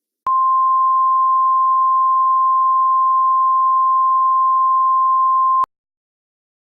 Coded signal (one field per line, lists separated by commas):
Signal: Emergency Alert System (SAME) tones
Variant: 1050 Hz attention tone